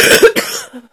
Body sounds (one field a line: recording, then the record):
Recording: coughing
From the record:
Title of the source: 30 Chesty and wet cough